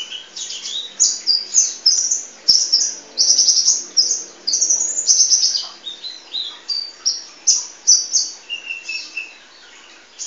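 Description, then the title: Sunbird giving rapid, high-pitched twittered chirps. Bursts pack closely together, then ease into evenly spaced single chirps toward the end. "kicau kolibri"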